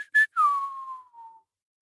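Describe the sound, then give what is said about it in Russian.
A short human whistle in surprise: two quick high chirps followed by a longer tone sliding steadily downward and fading out, with no voices around it. “Тараборов даже присвистнул.”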